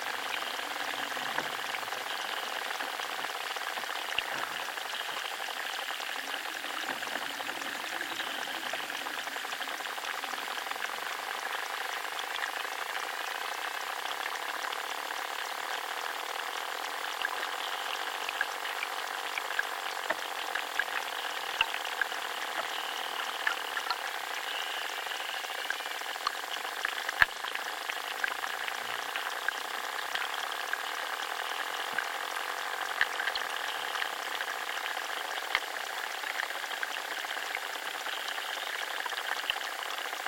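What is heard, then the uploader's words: Underwater life in a chalk river makes a dense, steady crackle and fizz, like frying, held evenly for the full forty seconds. Faint tones run through it, and scattered clicks and sharper ticks pop up throughout, a little more often in the second half. The mysterious sounds of underwater life, here recorded in a chalk river in southern England.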